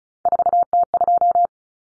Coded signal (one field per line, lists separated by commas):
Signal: Morse code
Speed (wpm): 34 wpm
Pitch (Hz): 700 Hz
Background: none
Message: 4T2